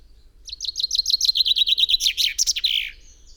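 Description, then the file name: Common chaffinch song: a rapid run of repeated high chirps that descends, ending in a brief flourish, about two and a half seconds long. "Fringilla coelebs"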